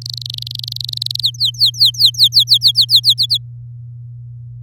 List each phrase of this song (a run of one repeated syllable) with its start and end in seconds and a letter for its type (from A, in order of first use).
0.01-1.21 A, 1.22-3.14 B, 3.18-3.38 C